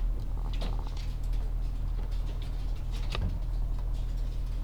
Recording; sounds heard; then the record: poultry house recording; sick chickens (respiratory disease)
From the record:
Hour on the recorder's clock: 14